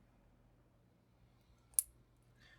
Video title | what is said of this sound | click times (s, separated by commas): 6 Headset Mics Under $200: Which One is the Best for Live Events? | there it goes it's snapped into place and then I'm going to | 1.8 s